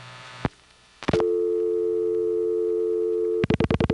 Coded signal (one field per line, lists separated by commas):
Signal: telephone call progress tone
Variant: North America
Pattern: dial tone